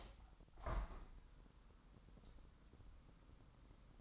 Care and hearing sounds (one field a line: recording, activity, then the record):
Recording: daily activity, microphone in the room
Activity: open window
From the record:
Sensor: 3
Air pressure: 998.0 hPa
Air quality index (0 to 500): 135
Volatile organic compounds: 4 ppm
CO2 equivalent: 1611 ppm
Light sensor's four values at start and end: 14/42/17/15 and 14/42/17/16